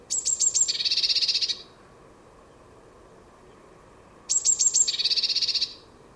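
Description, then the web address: Bird song, twice: a few very high thin notes followed by a rapid, slightly lower buzzy trill lasting about a second, with a long pause between the two phrases. "cianscape birddata Deverinetal 2025 Bird Only Cy Ca"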